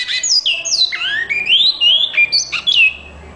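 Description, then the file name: Great-billed seed finch singing a short phrase of clear, high whistles, falling slurs followed by a rising, drawn-out whistle and a few quick final notes. "canto do bicudo"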